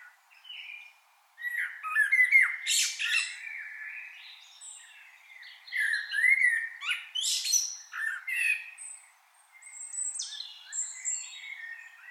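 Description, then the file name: Common blackbird sings rich whistled warbles interspersed with high squeaky twitters, phrases following each other with short pauses. "Turdus merula"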